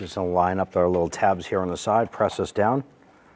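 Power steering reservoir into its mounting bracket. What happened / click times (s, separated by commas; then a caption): Part being positioned by hand; no seating click yet / none. On a 2005-2010 Chrysler 300, the plastic power steering pump reservoir has its side tabs lined up and is pressed down into its mounting bracket while someone talks. The speech ends around 2.8 s and only faint background noise follows. Nothing has seated or clicked yet.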